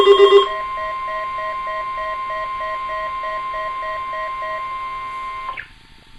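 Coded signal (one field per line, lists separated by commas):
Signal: Emergency Alert System (SAME) tones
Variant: 1050 Hz attention tone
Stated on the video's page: Weekly test on weather radio station, received live, with a computerized-sounding voice.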